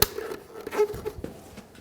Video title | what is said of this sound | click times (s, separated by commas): How to Replace Mirror Glass 2005-2015 Toyota Tacoma | push in you'll hear the two clips engage | 0.0 s